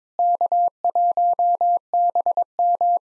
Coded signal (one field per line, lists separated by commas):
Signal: Morse code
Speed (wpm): 22 wpm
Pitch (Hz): 700 Hz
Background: none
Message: K1BM